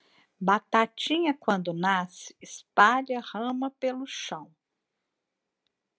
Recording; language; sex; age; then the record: short text; Brazilian Portuguese; female; 50 to 59 years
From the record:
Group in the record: control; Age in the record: 58 years